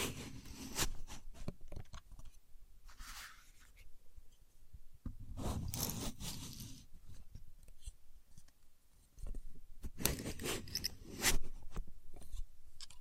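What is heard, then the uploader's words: A contour gauge is handled with no talking, its pins making sharp clicking, rattling scrapes in irregular bursts. Busier stretches come near the start, around five to seven seconds, and again from ten to twelve seconds, with quieter, sparse ticks and rustles between. Using A Contour Gauge (No Talking).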